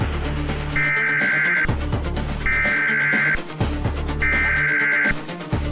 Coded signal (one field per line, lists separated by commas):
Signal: Emergency Alert System (SAME) tones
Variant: header bursts